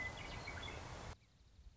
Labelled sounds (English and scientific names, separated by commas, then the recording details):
Western Meadowlark (Sturnella neglecta)
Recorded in Sonoma County, California